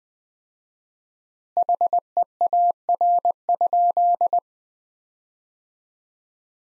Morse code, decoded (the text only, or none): HEAR?